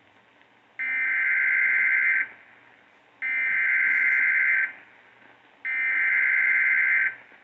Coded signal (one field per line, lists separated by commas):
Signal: Emergency Alert System (SAME) tones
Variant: header bursts